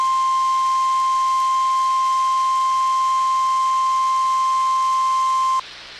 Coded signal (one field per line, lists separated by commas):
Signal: Emergency Alert System (SAME) tones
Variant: 1050 Hz attention tone